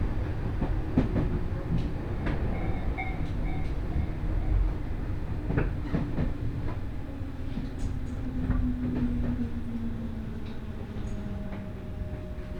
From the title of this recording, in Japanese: 仙石線 普通 松島海岸→石巻